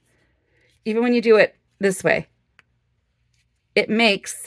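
Someone talks while the plastic cap is pushed onto a BIC Intensity marker barrel from a different angle, and it still clicks closed at 2.6 s. The click shows that the marker is closed, confirming the cap seats even when put on this way.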